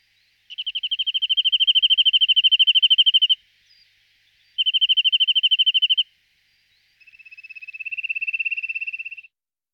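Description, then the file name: Corsican nuthatch trilling call: three fast, even trills of clipped high notes with short pauses between, the last trill swelling and then fading. "Brhlik korsicky Sitta whiteheadi"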